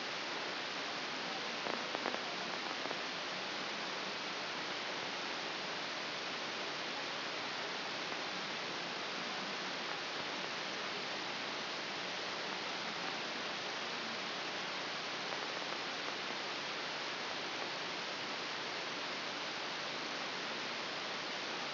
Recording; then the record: brain microelectrode recording played as sound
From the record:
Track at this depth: outside the subthalamic nucleus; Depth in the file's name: 8.004 mm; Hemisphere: left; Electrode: 3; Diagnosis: Parkinson's disease